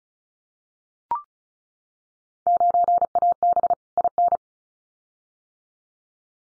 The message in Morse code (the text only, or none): 9AB IN